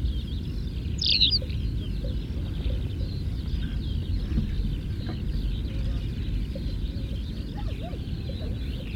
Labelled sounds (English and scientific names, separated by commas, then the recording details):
Tawny Pipit (Anthus campestris) song
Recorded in the wild
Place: Istria, Dobrogea, RO
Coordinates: 44.57, 28.713
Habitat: coast
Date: 1973-05-08
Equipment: Nagra III BH, Sennheiser MD 21, parabola
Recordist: Schubert, Michael
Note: Gesang Brachpieper (am Boden)